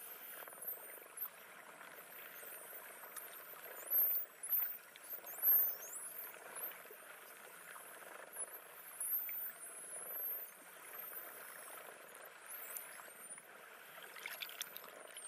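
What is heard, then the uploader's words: Dolphins whistle in quick, high rising and falling chirps throughout, over a steady underwater hiss with soft clicks and occasional louder bursts. Dolphins Voices with Whistle - Nature Sounds.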